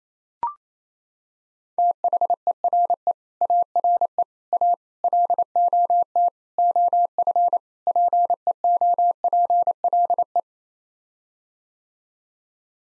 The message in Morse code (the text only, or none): THERE ARE A LOT OF PEOPLE